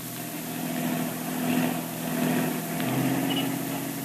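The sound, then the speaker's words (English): A car engine hums steadily while driving through heavy traffic, a continuous low drone with faint rises and dips in loudness and a thin whir of other traffic noise on top. “Traffic sure is heavy today.”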